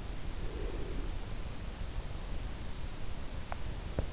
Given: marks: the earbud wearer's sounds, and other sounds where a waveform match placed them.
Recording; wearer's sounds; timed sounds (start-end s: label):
sounds in sleep by an in-ear microphone; breath, teeth grinding
0.43-1.18 s: breath
3.38-3.70 s: teeth grinding
3.89-4.12 s: teeth grinding